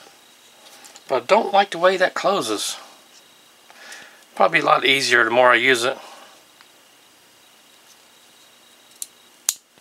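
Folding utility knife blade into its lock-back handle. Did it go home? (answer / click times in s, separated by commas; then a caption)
yes / 9.5 s. A Husky wooden-handled lock-back folding utility knife has its blade swung open while someone talks. After a quiet stretch, a small tick is followed by a sharp click at 9.5 s as the lock-back catches and the blade locks open.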